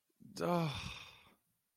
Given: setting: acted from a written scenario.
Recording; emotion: vocal sound without words; disappointment